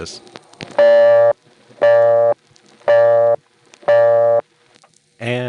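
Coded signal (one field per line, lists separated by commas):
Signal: none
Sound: phone switching tones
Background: speech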